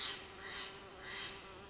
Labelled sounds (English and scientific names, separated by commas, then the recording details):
Steller's Jay (Cyanocitta stelleri)
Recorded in Sonoma County, California